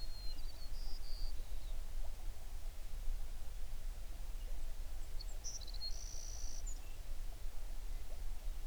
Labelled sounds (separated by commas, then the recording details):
songbird
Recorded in the Prudhoe Bay oil fields, Alaska, on 11 June 2019 at 05:41
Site 21